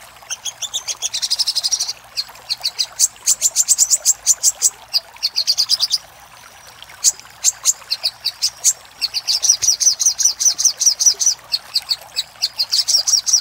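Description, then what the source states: Repeated shrill little spiderhunter notes in separate bursts, some quick and trilled, others spaced out, with a pause around the middle. Master recording for training cage birds; labelled labaik.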